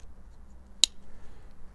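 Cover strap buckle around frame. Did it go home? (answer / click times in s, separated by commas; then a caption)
yes / 0.8 s. A small plastic snap buckle at the back of a fabric cover is passed around the frame and snapped together, making a single loud, sharp click at 0.8 seconds against a low, steady background hum. The buckle seats shut.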